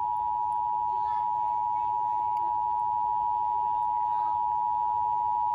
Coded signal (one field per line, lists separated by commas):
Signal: Emergency Alert System (SAME) tones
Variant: 853 and 960 Hz attention tone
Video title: WTTE TV FOX 28 EAS TEST FAIL 2021